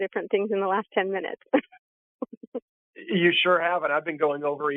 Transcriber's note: laughs